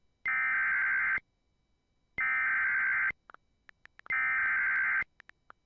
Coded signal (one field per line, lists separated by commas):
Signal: Emergency Alert System (SAME) tones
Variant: header bursts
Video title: EAS #600! WHAT IS THIS SVR! (EAS #600 via WJON)